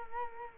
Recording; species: mosquito wingbeat signal from an infrared sensor; Culex quinquefasciatus